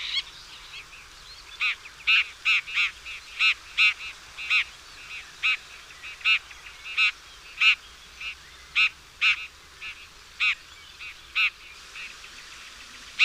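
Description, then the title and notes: Bird calls, a series of short nasal harmonic notes repeated at short intervals, some louder and some softer, against faint background hiss. Chirping bird song meant for training pet birds. "Suara Burung. Suara Kicauan Burung untuk memaster burung kesayangan"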